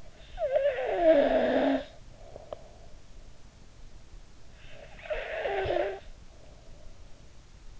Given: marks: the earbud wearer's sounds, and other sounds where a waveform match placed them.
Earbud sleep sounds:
sounds in sleep by an in-ear microphone; snoring breath
0.00-3.14 s: snoring breath
4.37-6.89 s: snoring breath

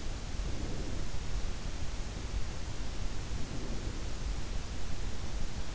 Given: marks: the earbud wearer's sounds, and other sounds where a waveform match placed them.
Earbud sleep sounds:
sounds in sleep by an in-ear microphone; breath
0.16-1.46 s: breath
3.09-4.24 s: breath

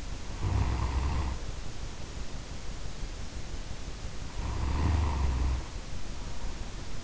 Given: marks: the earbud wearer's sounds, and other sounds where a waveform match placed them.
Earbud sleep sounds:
sounds in sleep by an in-ear microphone; snoring breath
0.13-2.75 s: snoring breath
4.08-7.04 s: snoring breath

